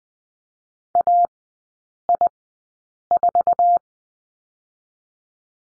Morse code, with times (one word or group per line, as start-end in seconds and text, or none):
0.9-1.3 A
2.1-2.3 I
3.1-3.8 4